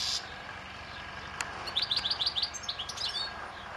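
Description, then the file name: European goldfinch calls, a quick run of bright, tinkling twittered notes after a sharp click. "Carduelis carduelis"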